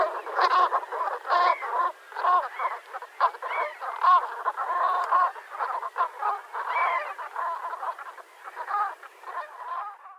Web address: chants Bernache cravant